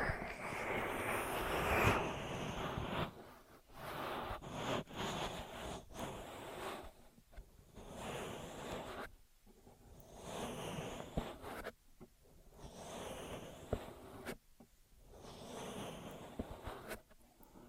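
Ear massage and cleaning sounds: dense rubbing and scratching strokes come in bursts of a second or two, separated by short quiet gaps. The loudest, brightest scraping is near the start, around two seconds, and later strokes are softer with scattered small clicks.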